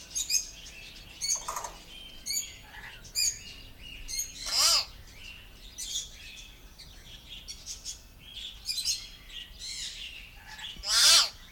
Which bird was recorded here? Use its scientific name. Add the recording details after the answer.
Gracula religiosa. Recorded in the wild. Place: Dahme/Mark, Brandenburg, DE. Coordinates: 51.87, 13.43. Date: 1995-04-29 17:59. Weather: heiter, 14°C. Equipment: Marantz CP 430, Sennheiser ME 80, Kopie Uher 4000 Report Monitor. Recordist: Tembrock, Günter